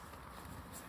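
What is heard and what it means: A telescoping leg with a push-button lock on an instant cabin tent frame is being extended while the tent is held against the wind. Only steady, low, broadband noise is heard with no distinct sharp sound, and the leg lock has not clicked or seated yet.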